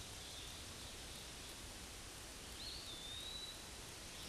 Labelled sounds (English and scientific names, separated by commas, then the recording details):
Eastern Wood-Pewee (Contopus virens) song
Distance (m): 60 m
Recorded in a Pennsylvania forest on 18 May 2023 at 08:00
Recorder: AudioMoth, point grid1_10_low
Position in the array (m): 78 m, 142 m